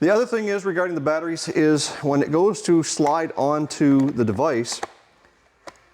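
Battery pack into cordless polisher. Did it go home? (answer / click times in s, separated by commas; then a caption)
yes / 5.7 s. Someone talks until about 4.9 seconds, then a battery pack is slid onto an Avrhit 21-volt cordless polisher, where it has to go on just right. A faint sound at about 5.3 seconds is followed by a sharp click at 5.7 seconds as the battery locks into place on the polisher.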